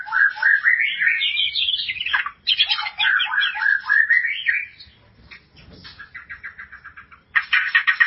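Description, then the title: White-rumped shama song of fast, looping whistled phrases, followed by a quieter stretch of rapid repeated chips and a final burst of loud warbling. "Kicau Murai Batu"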